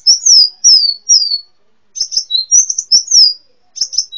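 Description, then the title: Sunbird chirping: high, thin descending chirps in quick series, two bursts separated by a short pause. "kicau kolibri"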